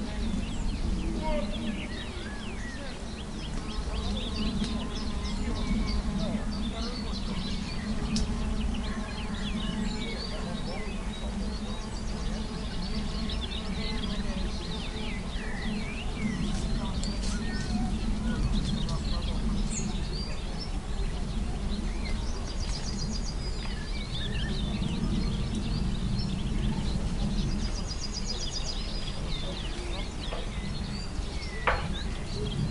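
Woodland ambience with a steady low rumble and hiss throughout, scattered bird chirps and faint insect buzzing, and an indistinct voice-like murmur.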